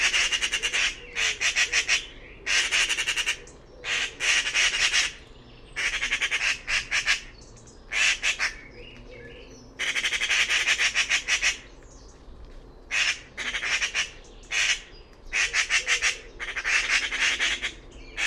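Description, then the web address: Bird repeatedly bursts into coarse, chattering squawks, runs of rapid pulses alternating with quieter pauses of a second or so. "cianscape birddata Deverinetal 2025"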